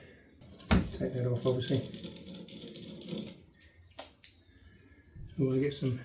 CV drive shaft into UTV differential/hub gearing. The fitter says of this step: And that just pops into place.